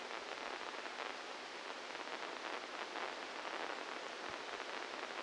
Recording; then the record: brain microelectrode recording played as sound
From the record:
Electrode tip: inside the subthalamic nucleus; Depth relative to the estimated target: -1 mm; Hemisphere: left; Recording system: NeuroSet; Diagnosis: Parkinson's disease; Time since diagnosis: 12 years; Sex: male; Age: 61 years